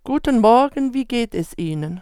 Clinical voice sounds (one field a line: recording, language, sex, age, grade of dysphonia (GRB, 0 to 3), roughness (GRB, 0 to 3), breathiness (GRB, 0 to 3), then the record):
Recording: spoken sentence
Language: German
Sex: female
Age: 60 to 69 years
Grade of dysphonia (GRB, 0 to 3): 0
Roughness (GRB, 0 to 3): 0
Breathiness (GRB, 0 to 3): 0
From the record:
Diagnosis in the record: dysodia (singing voice disorder)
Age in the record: 62 years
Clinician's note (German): Eventuell beginnende Vox senilis